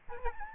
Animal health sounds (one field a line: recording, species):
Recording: mosquito wingbeat signal from an infrared sensor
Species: Aedes albopictus